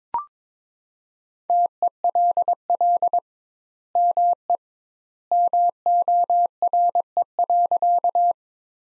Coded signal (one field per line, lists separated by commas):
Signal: Morse code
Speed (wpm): 21 wpm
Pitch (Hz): 700 Hz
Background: none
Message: TELL ME MORE.